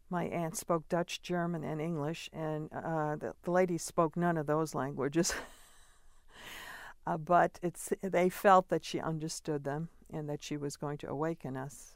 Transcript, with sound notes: my aunt spoke Dutch, German and English and the lady spoke none of those languages. [chuckles] But it — they felt that she understood them and that she was going to awaken us.